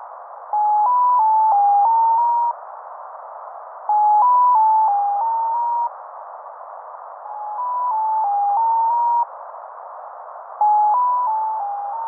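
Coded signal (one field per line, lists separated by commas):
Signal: channel marker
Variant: Mazielka (X06)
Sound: four repeated sequences of six short steady tones stepping around 1 kHz, in radio hiss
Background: radio static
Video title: Mazielka (X06) tones station identification from embassy of Russia in Prague - USB 10.214 MHz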